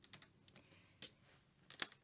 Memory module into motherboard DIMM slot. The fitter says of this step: just gonna push until it clicks right